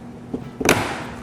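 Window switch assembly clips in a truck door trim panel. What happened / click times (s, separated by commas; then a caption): The plastic switch clips snapped free / 0.3 s, 0.7 s. On a 2023+ Ford Super Duty truck door trim panel laid down, two plastic retaining clips on the window switch assembly are pushed in to release it from the panel, without pushing too far so the plastic doesn't bend. A soft snap comes at 0.3 s and a sharper, louder snap at 0.7 s, with a brief rustle after. The clips snap free and the window switch assembly is released.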